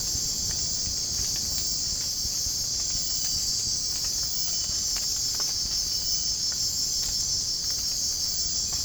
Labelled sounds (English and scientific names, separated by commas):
none